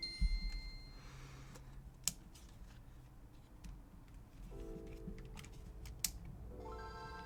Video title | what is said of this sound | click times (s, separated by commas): NES SPecial Edition! - Mid Week Mods | It's not fully seated. It's fine. | 6.0 s